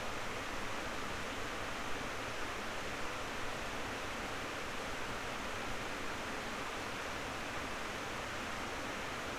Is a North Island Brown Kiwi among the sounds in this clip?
no